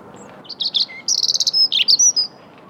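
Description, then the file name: European robin song: high tinkling notes, a brief low whistle, then a fast stuttering trill and sliding whistled notes. "Erithacus rubecula"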